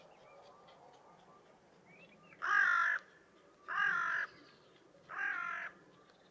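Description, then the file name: Carrion crow giving three harsh, hoarse caws, each about half a second long and spaced roughly 1.3 seconds apart, over a low background hum. "Corvus corone"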